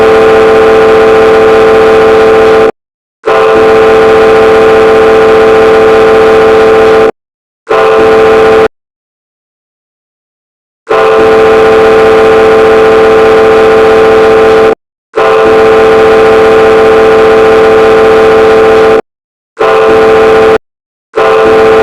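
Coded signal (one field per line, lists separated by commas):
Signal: ship horn signal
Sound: horn: two long blasts and one short, pause, then two long and two short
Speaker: we're going to look at sound signals for vessels in a narrow channel where one vessel wants to overtake another vessel once again there are only four sound signals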